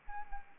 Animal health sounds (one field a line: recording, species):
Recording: mosquito wingbeat signal from an infrared sensor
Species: Anopheles arabiensis